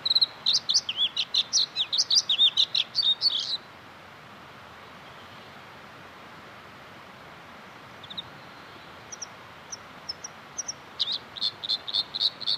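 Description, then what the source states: Bluethroat singing a rapid jumble of twittering, slurred high notes. A pause follows, then scattered sharp notes and a renewed burst of varied song. Recorded in Inari, Finland; bluethroats mimic other species, including non-European ones from their wintering areas.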